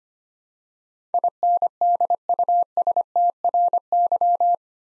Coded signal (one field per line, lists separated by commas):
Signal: Morse code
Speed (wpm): 25 wpm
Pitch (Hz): 700 Hz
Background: none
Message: INDUSTRY